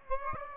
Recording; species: mosquito wingbeat signal from an infrared sensor; Aedes aegypti